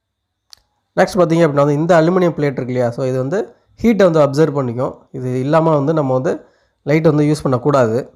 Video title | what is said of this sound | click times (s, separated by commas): Restoration Led light -- Repair Dead led light | உங்களுக்கு lock ஆகிடும் அது. | 0.5 s